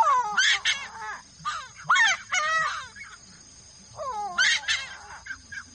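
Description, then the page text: Bird giving harsh, crow-like calls that slide downward, in irregular bursts of two or three, with a steady faint hum underneath. "¿Conocias Esta Especie De Ave"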